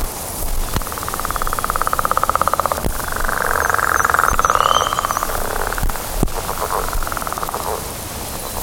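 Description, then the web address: Northern leopard frog giving long, rapidly pulsed snoring rattles, several overlapping and swelling in loudness. "alan wolf rana pipiensm"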